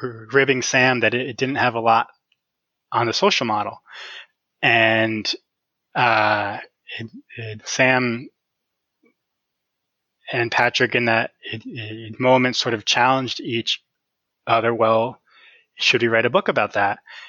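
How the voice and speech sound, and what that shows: Adult man who stutters speaking with repeated words, drawn-out vowels and long stalled pauses.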